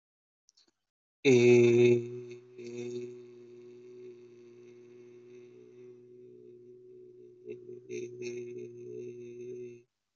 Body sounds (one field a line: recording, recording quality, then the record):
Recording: sustained vowel as in made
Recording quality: excellent, no background noise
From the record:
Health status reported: healthy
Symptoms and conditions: none ticked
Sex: male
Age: 23 years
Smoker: not ticked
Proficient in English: yes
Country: India